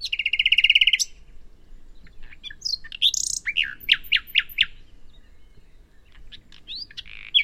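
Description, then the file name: Common nightingale singing: a fast trill opens, followed by varied whistles and a run of five or six loud, sharp notes. "Luscinia megarhynchos"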